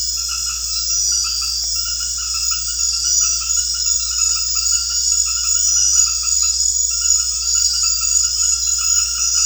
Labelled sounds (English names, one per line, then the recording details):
none
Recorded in secondary vegetation near Puerto Asís, Putumayo, Colombia, on 4 March 2025 at 22:00
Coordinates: 0.484, -76.319
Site G010